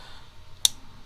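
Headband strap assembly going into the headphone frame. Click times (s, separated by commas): 0.7 s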